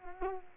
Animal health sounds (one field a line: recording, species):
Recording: mosquito wingbeat signal from an infrared sensor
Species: Culex quinquefasciatus